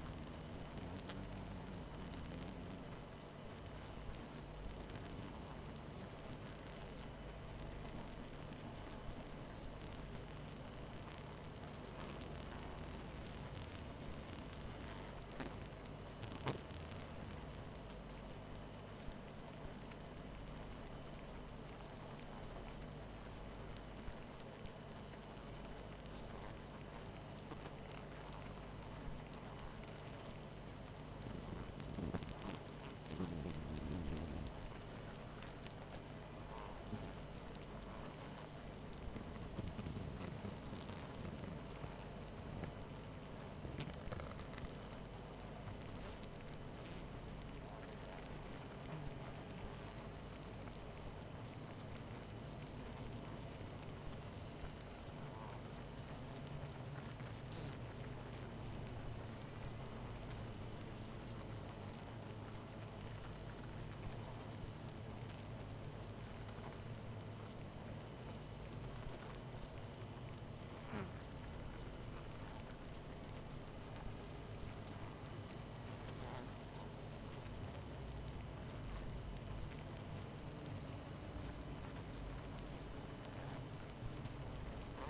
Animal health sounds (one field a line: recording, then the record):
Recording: honeybee colony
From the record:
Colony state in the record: missing queen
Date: 14 July 2017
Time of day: 23:26